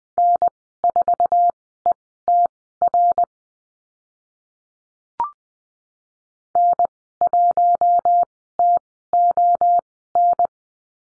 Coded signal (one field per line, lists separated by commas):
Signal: Morse code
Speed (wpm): 20 wpm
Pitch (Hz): 700 Hz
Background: none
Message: N4ETR N1TON